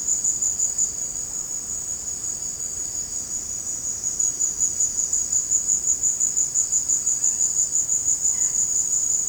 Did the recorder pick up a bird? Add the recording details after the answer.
no. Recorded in secondary vegetation near Puerto Asís, Putumayo, Colombia, on 24 March 2025 at 17:00. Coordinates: 0.485, -76.322. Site G040